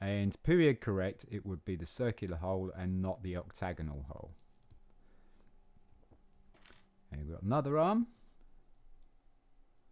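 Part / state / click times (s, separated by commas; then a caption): figure arm onto ball joint plate of a brick figure torso / not seated / none. Someone talks while handling a plastic arm for a 1976 LEGO Homemaker set 211-1 figure, fitting it to the ball-ended circular plate with the period-correct circular hole rather than the octagonal one. Faint handling ticks come near 6.7 seconds, then more talk. Nothing has clicked or seated yet when the clip ends.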